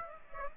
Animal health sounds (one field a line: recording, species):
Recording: mosquito wingbeat signal from an infrared sensor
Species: Aedes aegypti